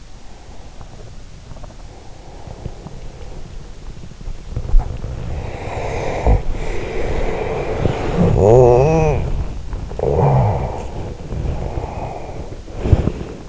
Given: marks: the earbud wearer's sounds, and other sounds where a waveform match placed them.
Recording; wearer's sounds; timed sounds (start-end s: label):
sounds in sleep by an in-ear microphone; breath, body movement, talking in sleep
0.26-3.07 s: breath
0.30-13.49 s: body movement
5.31-8.13 s: breath
8.13-10.95 s: talking in sleep
11.67-13.49 s: breath